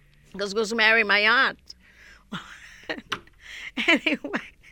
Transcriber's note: they laughs